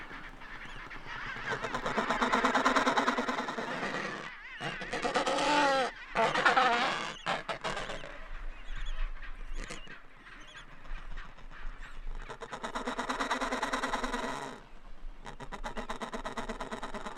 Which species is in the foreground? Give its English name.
Adelie Penguin